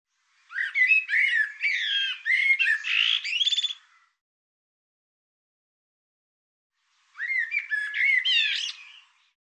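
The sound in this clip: Bird song: two bursts of squeaky, chattering notes mixed with short rising whistles and harsh squawks, the first longer, the second shorter after a silent gap.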